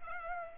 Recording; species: mosquito wingbeat signal from an infrared sensor; Culex pipiens